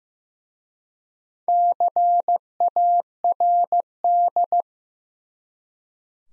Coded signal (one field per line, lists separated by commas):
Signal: Morse code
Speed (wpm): 16 wpm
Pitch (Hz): 700 Hz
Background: none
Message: CARD